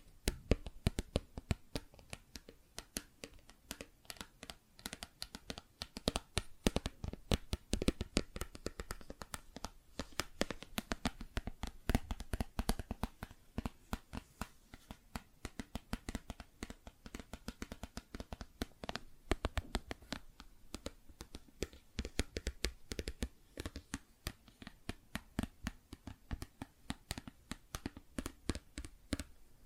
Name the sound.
Plastic Objects Tapping and Scratching